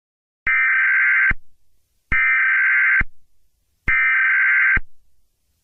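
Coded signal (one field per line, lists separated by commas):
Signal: Emergency Alert System (SAME) tones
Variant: header bursts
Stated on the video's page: Fictional EAS scenario.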